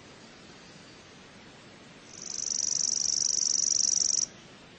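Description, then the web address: Chipping sparrow trill: a dry, rapid, even-pitched run of high notes lasting about two seconds, steady in pitch, swelling briefly at the start and then holding steady in loudness, over faint background hiss. "cotor. Chipping Sparrow"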